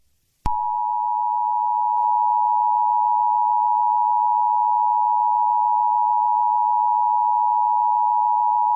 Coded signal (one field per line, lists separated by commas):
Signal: Emergency Alert System (SAME) tones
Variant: 853 and 960 Hz attention tone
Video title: EAS Scenario #12: Perfect Mimicry